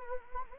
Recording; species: mosquito wingbeat signal from an infrared sensor; Anopheles arabiensis